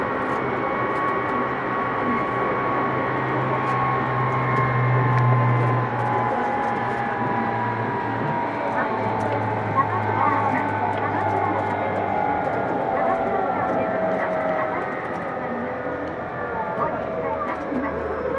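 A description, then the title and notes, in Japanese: A Tokyu 2000 series train running between Shibuya and Azamino, heard as a steady, dense rumble throughout. A low hum holds for the first twelve seconds, while thin whining tones drift across the middle, with faint voices and light clicks scattered over the top. 東急2000系 渋谷〜あざみ野。急行運用を録音。ステンレス鋼製20m級軽量車体の4扉車である。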